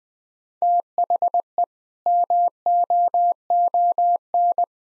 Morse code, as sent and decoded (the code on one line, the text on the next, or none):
- .... . / -- --- --- -.
THE MOON